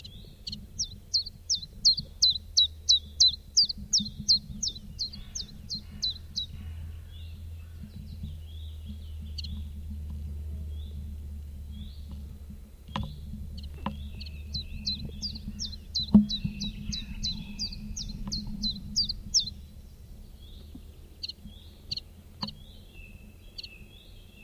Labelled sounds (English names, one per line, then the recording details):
Common Chiffchaff song
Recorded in the wild
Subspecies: collybita
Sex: male
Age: adult
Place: Ramsau, Bayern, DE
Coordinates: 47.6097, 12.8567
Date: 1964-05-31
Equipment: LGS26
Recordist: Faber, A. and Stumbrat
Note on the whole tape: Hintersee, am Haus Jordan. Auf diesem Band auch Aufnahmen am 03. Juni um 6 Uhr.Gewöhnliche Gesänge. Beide Aufnahmen vom gleichen Vogel. Son130/coll.24